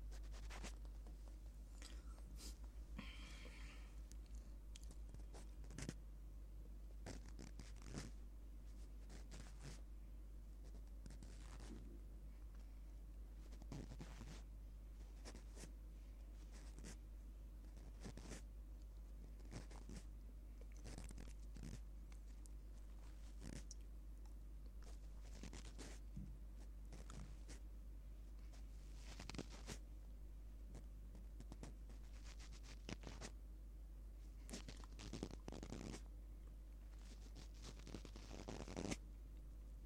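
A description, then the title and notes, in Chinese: Ear cleaning: a steady stream of short, dry crackles and scratchy clicks, irregular but frequent throughout, some sharper pops standing out now and then. A constant low hum sits underneath. 掏完耳朵。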